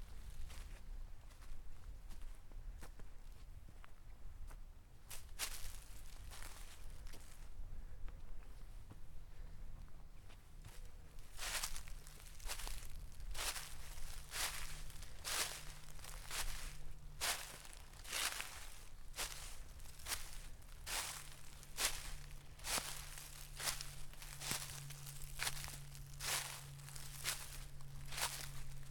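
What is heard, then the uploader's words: Footsteps crunch through dry oak leaf litter at a steady walking pace, each step a sharp crackle, coming faster and more regularly after the first few seconds. A low, steady hum runs underneath from about nine seconds on, with a soft rumble throughout. The soothing crunch of leaves on a late winter's day. We're in a wooden vale in the Black Mountains of south wales. Recorded and presented by Fergus Collins.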